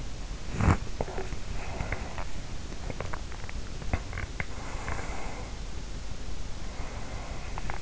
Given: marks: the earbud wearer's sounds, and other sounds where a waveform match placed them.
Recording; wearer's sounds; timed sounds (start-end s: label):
sounds in sleep by an in-ear microphone; body movement, breath
0.49-4.42 s: body movement
4.46-7.82 s: breath